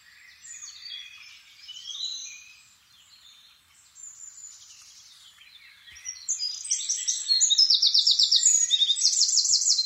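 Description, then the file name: Eurasian wren song, quiet high warbling at first, then loud rapid metallic trills at very high pitch over the last four seconds. "Troglodytes troglodytes"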